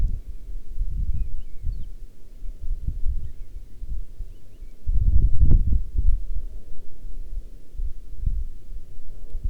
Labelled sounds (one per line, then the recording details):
songbird
aircraft
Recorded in the Arctic National Wildlife Refuge, Alaska, on 9 August 2019 at 11:03
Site 40